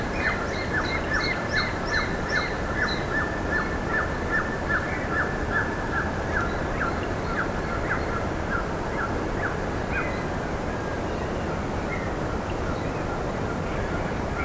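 Bird calls, a quick series of short chirping notes in the first few seconds that then thin out and fade into steady background hiss.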